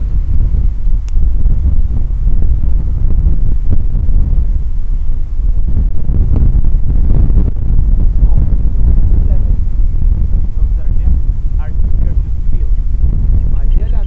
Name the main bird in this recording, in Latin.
Pygoscelis papua